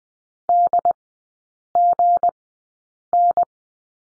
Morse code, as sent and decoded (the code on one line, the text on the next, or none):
-.. --. -.
DGN